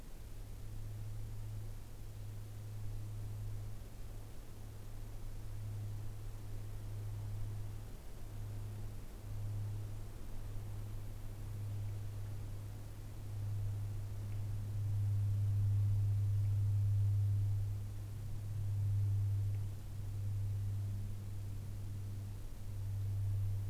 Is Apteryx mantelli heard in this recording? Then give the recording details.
no. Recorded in New Zealand on 20 November 2014. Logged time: 21:29. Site CL78